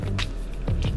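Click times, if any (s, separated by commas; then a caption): none. A new extended baseplate is slid onto a Walther Q5 SF Match pistol magazine body, with the bigger baseplate needed because the flared magwell makes the magazine nearly impossible to pull out. Brief handling scrapes and taps sound at about 0.2, 0.7 and 0.8 s over a steady low background. Nothing has clicked or seated yet by the end of the clip.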